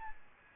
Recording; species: mosquito wingbeat signal from an infrared sensor; Aedes albopictus